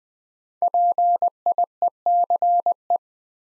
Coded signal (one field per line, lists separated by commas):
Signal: Morse code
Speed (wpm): 20 wpm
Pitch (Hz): 700 Hz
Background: none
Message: PIECE